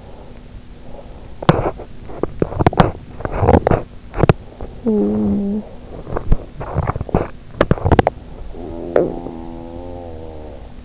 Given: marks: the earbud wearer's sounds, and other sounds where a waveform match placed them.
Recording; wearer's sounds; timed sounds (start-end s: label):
sounds in sleep by an in-ear microphone; breath, teeth grinding, talking in sleep, snoring breath
0.00-1.39 s: breath
1.36-4.74 s: teeth grinding
4.75-5.78 s: talking in sleep
5.98-8.25 s: teeth grinding
8.46-10.84 s: snoring breath